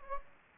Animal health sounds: mosquito wingbeat signal from an infrared sensor; Anopheles gambiae

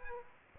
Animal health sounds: mosquito wingbeat signal from an infrared sensor; Aedes aegypti

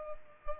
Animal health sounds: mosquito wingbeat signal from an infrared sensor; Culex pipiens

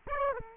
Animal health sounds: mosquito wingbeat signal from an infrared sensor; Aedes aegypti

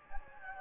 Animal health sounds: mosquito wingbeat signal from an infrared sensor; Anopheles gambiae

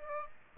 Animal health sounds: mosquito wingbeat signal from an infrared sensor; Aedes aegypti

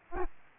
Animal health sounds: mosquito wingbeat signal from an infrared sensor; Aedes albopictus

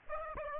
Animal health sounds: mosquito wingbeat signal from an infrared sensor; Aedes aegypti

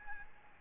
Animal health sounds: mosquito wingbeat signal from an infrared sensor; Aedes albopictus

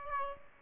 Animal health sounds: mosquito wingbeat signal from an infrared sensor; Aedes aegypti

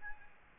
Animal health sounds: mosquito wingbeat signal from an infrared sensor; Aedes albopictus

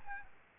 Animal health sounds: mosquito wingbeat signal from an infrared sensor; Aedes albopictus

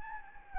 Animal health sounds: mosquito wingbeat signal from an infrared sensor; Anopheles gambiae

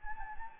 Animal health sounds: mosquito wingbeat signal from an infrared sensor; Anopheles gambiae

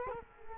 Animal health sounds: mosquito wingbeat signal from an infrared sensor; Culex quinquefasciatus

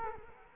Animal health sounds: mosquito wingbeat signal from an infrared sensor; Culex quinquefasciatus

